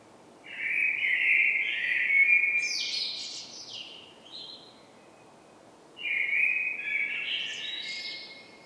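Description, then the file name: Common blackbird song: two fluty warbled phrases, each beginning low and mellow and rising into thin, high, scratchy twitters. "Turdus merula"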